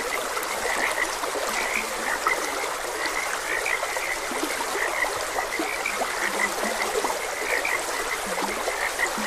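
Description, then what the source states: Frogs croak in a crowded, unbroken chorus of short notes, with occasional deeper croaks and a steady sound of running water. Frogs croaking beside a gentle stream.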